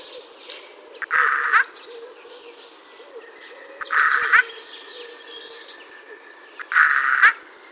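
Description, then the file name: Eurasian jay making three rough, grating screeches, each about half a second long and spaced about three seconds apart, with a soft background hiss. "Garrulus glandarius"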